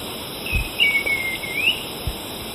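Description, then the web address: Black-and-white becard: one soft whistled phrase, a long slurred note sagging then rising, over a steady high insect drone. Ecuador. "Natures Songs S America Birds of Ecuador. Black-and-White becard"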